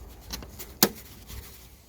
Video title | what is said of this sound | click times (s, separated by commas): Mitsubishi Lancer Carisma Faulty Front Wiper Motor Replacement. Wiper Blade Motor Keeps Blowing Fuse | another click | 0.8 s